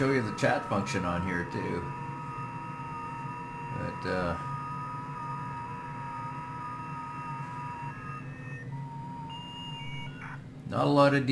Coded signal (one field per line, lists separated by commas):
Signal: FT8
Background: speech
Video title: Running some FT8 basic overview of WSJTX and grid tracker